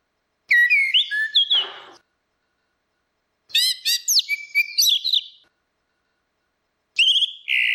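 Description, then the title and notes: Orange-headed thrush song of bright whistled phrases and harsh rasping notes, given in bursts with roughly one-and-a-half-second pauses. Continuous singing (ngeplong), used as a masteran for training other birds to learn the song. "Suara Burung Anis Merah Ngeplong. Masteran Anis Kembang"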